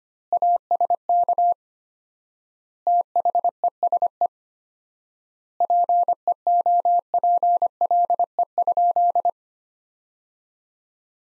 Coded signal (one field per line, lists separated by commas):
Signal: Morse code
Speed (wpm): 25 wpm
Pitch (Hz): 700 Hz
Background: none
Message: ASK THESE PEOPLE?